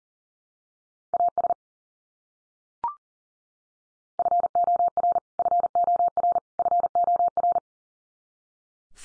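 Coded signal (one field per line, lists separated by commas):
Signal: Morse code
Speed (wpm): 40 wpm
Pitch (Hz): 700 Hz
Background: none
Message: AS FOR FOR FOR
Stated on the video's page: Morse head-copy drill of the 100 most common English words at 40 wpm, each sent three times, then spoken, then sent again.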